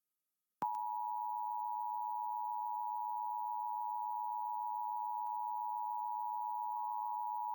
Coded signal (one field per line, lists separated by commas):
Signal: Emergency Alert System (SAME) tones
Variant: 853 and 960 Hz attention tone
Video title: San Francisco Required Monthly Tests on 5 TV Stations (EAS #6554-6559) 5/10/22